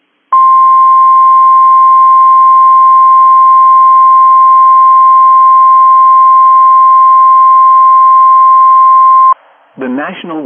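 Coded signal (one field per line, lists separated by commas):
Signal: Emergency Alert System (SAME) tones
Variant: 1050 Hz attention tone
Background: speech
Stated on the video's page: Severe Thunderstorm Warning on weather radio station KZZ48, screen recorded on a Windows 11 computer from weather websites.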